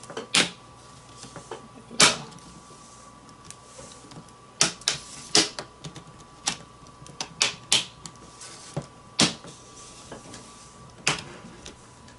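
The front plastic bezel around the screen of an Acer 5742Z-4452 laptop is pried off from the inside, with its snap clips releasing one by one. Sharp snapping hits are heard at about 0.4, 4.6, 4.9, 5.4, 7.4 and 9.2 seconds, amid quieter ticks and creaks. The clips snap open and the bezel is released.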